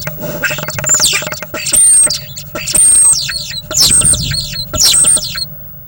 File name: starling